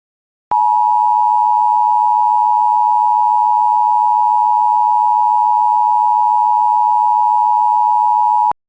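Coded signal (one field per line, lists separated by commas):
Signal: Emergency Alert System (SAME) tones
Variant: 853 and 960 Hz attention tone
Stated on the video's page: Real EAS alerts for the East Palestine, Ohio train derailment.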